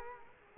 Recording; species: mosquito wingbeat signal from an infrared sensor; Culex quinquefasciatus